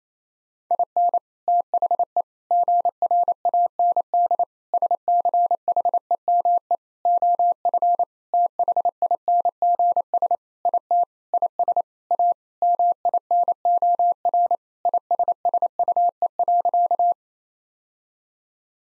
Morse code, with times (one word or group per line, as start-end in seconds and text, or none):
0.7-1.2 IN
1.5-2.2 THE
2.5-4.4 GRAND
4.7-6.8 SCHEME
7.1-8.0 OF
8.3-10.4 THINGS
10.7-11.0 IT
11.3-11.8 IS
12.1-12.3 A
12.6-14.6 MINOR
14.9-17.1 ISSUE.